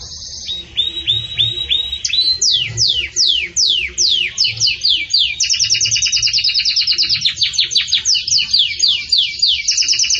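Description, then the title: Belgian canary song: a steady high trill, a run of repeated notes, then rapid descending sweeps and a long run of fast notes that continues to the end. Pure "campainha" (bell) song style with pauses, intended for training canaries. "Canto Canário Belga Campainha Puro Com Pausa Para Treinamento"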